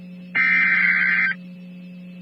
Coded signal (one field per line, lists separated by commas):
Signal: Emergency Alert System (SAME) tones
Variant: header bursts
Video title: Tornado Warning (Stream) (EAS Alert #537)